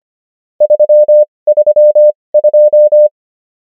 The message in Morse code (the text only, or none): 332